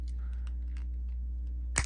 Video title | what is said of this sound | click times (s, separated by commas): Toyota key battery replacement | and snap it. You should hear the click. | 1.8 s